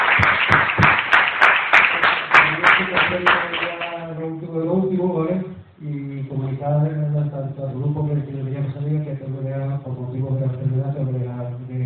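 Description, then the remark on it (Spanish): Applause from an audience at a 2023 awards gala for about four seconds, a dense wash of clapping with sharp, evenly spaced claps standing out, then it stops and a man starts talking. “Con lo cual, amigos, que este aplauso y mi agradecimiento expreso a vosotros.”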